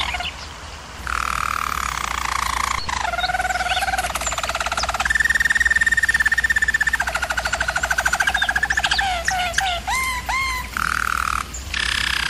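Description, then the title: German Roller canary song mixing rolls and steady trills, with a run of quick upward-swept notes near the end followed by more trilling. Domestic canary song used for canary training. "German Roller Canary Singing - Canary Training Vid"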